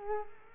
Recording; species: mosquito wingbeat signal from an infrared sensor; Culex quinquefasciatus